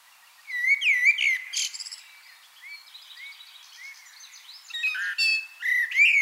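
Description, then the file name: Common blackbird song: a mellow whistled warble followed by high scratchy twitters, then a further fluty phrase with more squeaky notes at the end. "Turdus merula"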